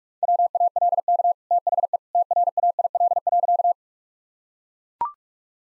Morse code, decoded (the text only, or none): WALK THE TRAIL.